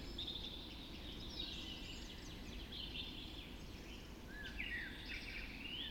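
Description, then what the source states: Dawn chorus of overlapping songbirds, soft high warbles and a rising whistled phrase near the end, against steady low-pitched background noise. Dawn chorus just after dawn in the Forest of Dean.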